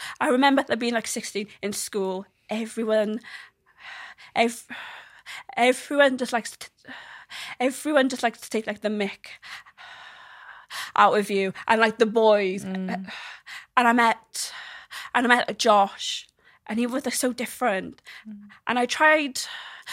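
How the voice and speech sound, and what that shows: An adult woman who has a stammer speaks in short bursts broken by pauses. She repeats words and phrases several times ("everyone… ev… everyone just likes t… everyone just likes to take"), prolongs sounds, and has blocked starts with breathy catches. These are typical stuttering disfluencies.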